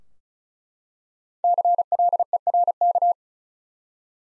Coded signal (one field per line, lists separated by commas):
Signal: Morse code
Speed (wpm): 36 wpm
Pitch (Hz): 700 Hz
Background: none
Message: CLERK